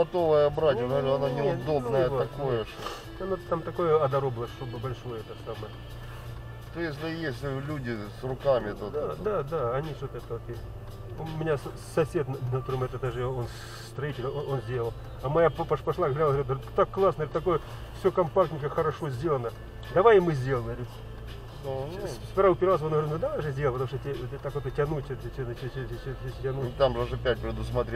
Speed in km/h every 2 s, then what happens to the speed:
0, 0, 0, 0, 0, 0, 0, 0, 0, 0, 0, 0, 0, 0.
0-28 standing.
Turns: none.